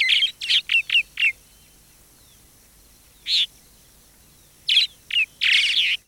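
Southern martin giving bright, chirping notes, first a quick series of five, then a single note, then two more notes and a closing burst of rapid chirps.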